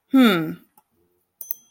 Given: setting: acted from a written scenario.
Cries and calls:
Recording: vocal sound without words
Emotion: neutral

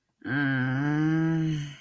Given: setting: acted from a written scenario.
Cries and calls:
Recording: vocal sound without words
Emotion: guilt

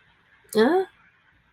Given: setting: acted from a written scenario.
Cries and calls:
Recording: vocal sound without words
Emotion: neutral

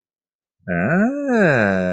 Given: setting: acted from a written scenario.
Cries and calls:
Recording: vocal sound without words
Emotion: interest

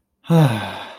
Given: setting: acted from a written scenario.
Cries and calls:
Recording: vocal sound without words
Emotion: contentment

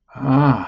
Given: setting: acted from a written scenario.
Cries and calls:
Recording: vocal sound without words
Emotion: romantic love

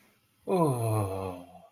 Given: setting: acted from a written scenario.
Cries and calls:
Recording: vocal sound without words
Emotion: ecstasy

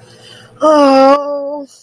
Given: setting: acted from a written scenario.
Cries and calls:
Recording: vocal sound without words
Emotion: sadness

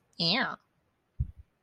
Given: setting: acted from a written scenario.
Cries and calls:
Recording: vocal sound without words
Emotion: desire

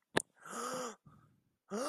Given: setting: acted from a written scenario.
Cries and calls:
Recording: vocal sound without words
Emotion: fear

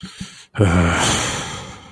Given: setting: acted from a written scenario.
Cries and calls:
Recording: vocal sound without words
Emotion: contempt

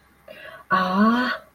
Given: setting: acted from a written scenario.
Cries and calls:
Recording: vocal sound without words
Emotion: negative surprise

